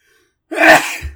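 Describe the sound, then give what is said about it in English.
A single sharp sneeze bursts out after a moment of silence, loud and explosive with a hissing, breathy spray that tails off quickly. “Bless you.”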